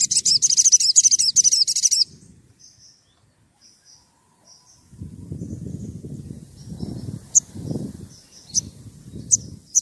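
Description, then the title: Oriental magpie-robin song: a two-second run of fast high warbled notes, then soft whistles, later a few sharp chips over low background rumble. Persistently singing bird; recording used as a lure to provoke other birds of its kind into answering. "Pancingan Suara Siulan Kacer Gacor Untuk Memancing Kacer Lain Agar Mau Nyaut Bunyi"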